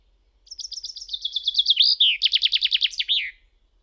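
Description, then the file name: Common chaffinch song: a bright high trill that drops in pitch through several sections, then ends in a quick descending flourish. "pinson des arbres"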